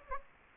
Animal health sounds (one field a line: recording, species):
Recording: mosquito wingbeat signal from an infrared sensor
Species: Anopheles gambiae